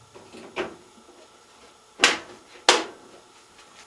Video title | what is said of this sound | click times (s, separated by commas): Whirlpool Dryer Won't Start - See How to Take It Apart | and push down on it until it snaps in place. | 2.0 s, 2.7 s